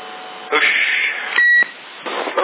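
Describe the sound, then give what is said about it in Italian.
A carrier tone jams a CB radio channel in Sassari in February 2012: thin, band-limited static and garbled bursts, then a loud steady high-pitched tone holds for a moment before the hissy noise returns. “Adesso sono adirato e che mi hanno messo la portata.”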